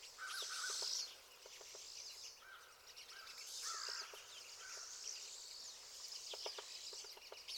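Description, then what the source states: Pine siskins twitter in a busy high chorus, joined by short lower notes and sharp clicking taps. Several pine siskins.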